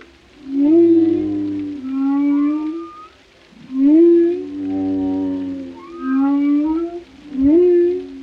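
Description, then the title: Whale song of repeated tonal moans, each swooping up then leveling off, in several phrases with short gaps between them. Compilation of varied whale vocalizations, including haunting moans and resonant calls, presented for relaxation. "Soothing Symphony of the Deep: Captivating Whale Sounds for Relaxation"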